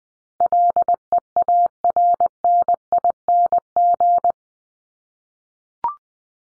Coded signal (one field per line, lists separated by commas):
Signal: Morse code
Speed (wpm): 20 wpm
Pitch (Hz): 700 Hz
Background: none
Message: LEARNING